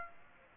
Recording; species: mosquito wingbeat signal from an infrared sensor; Aedes aegypti